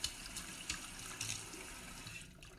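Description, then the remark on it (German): Steady rush of cold water from a tap, with splashing surges at irregular moments as a cleaned fish is rinsed inside and out under the stream. No voices. “Nach dem Putzen spülen Sie den Fisch innen und außen noch einmal unter kaltem Wasser ab.”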